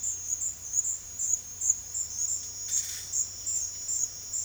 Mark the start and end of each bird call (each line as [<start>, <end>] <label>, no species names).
[2.68, 3.04] bird call